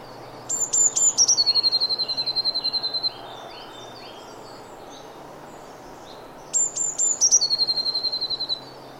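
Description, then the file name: Eurasian blue tit giving two phrases about six seconds apart, each with high thin introductory notes and then a rapid, evenly repeated lower trill, over a faint low hum. "Cyanistes caeruleus"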